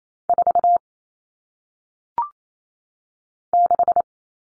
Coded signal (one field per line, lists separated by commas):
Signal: Morse code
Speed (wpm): 28 wpm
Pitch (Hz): 700 Hz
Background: none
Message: 4 6